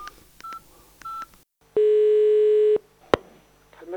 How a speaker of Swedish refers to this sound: Jag tror jag tar och ringer med mobilen lite nu.